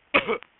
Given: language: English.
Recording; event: throat vibration sensor signal played as sound; cough